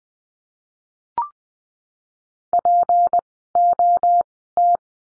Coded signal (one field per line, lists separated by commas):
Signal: Morse code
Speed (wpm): 20 wpm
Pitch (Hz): 700 Hz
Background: none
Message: POT